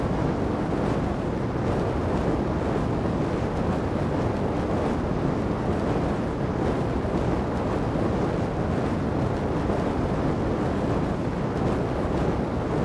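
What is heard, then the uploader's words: Flames roar steadily in the wind, a dense, low rumble that holds at the same loudness throughout. Faint flickers and brief puffs ripple through the upper edge, but the sound stays heavy, with gusts buffeting the microphone. Windy Flames.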